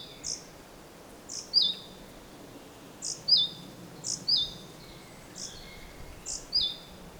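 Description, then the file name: Great tit repeating paired calls, a soft high note then a sharp downward-curving whistle, over light hiss. "Parus major"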